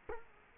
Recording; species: mosquito wingbeat signal from an infrared sensor; Culex quinquefasciatus